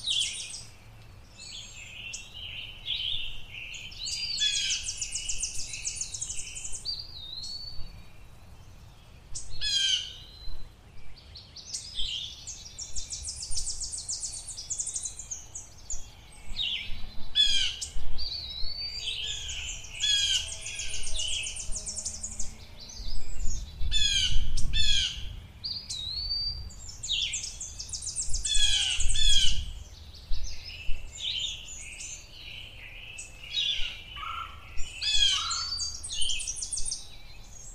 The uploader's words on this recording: Bird Songs on Location in a Springtime Forest. Experience with me the joyous sounds of an isolated forest in springtime. The air is cool, and we are bathed in the surround sound of bird songs.